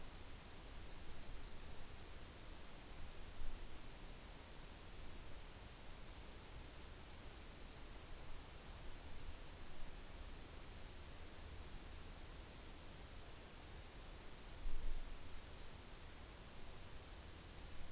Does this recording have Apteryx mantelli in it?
no